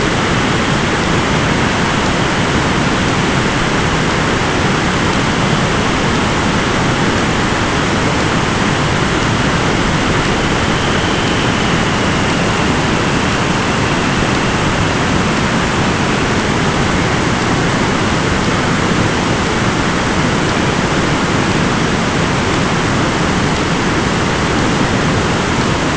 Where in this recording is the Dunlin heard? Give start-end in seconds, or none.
10.28-12.77